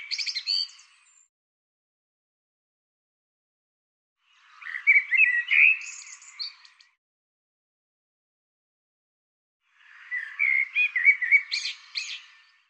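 Bird calling in three short bursts of twittering, sweeping notes, with sharp high squeaks at the end of the last burst and silent gaps between.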